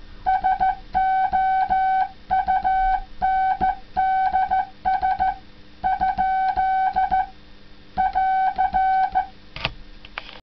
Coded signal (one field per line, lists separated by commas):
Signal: Morse code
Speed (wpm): 14 wpm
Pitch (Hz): 760 Hz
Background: none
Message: SOUNDS ? <AR>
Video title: OH6DC Banana CW key